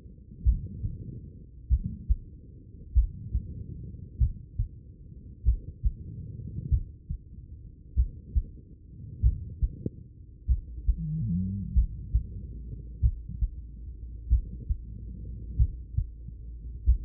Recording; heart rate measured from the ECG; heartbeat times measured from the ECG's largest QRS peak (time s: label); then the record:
heart sounds by stethoscope; 48 bpm
0.43 s: heartbeat
1.68 s: heartbeat
2.93 s: heartbeat
4.18 s: heartbeat
5.43 s: heartbeat
6.69 s: heartbeat
7.94 s: heartbeat
9.20 s: heartbeat
10.46 s: heartbeat
11.73 s: heartbeat
13.00 s: heartbeat
14.28 s: heartbeat
15.56 s: heartbeat
16.84 s: heartbeat
From the record:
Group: heart failure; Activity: rest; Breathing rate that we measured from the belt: 21 breaths a minute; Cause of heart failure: idiopathic cardiomyopathy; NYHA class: 2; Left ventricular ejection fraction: 53%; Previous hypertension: present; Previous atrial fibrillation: present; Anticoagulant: apixaban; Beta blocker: bisoprolol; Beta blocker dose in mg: 2.5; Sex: female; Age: 67 years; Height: 150 cm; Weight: 81 kg